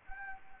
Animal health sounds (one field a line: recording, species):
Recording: mosquito wingbeat signal from an infrared sensor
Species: Anopheles gambiae